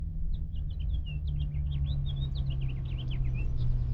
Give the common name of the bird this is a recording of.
House Finch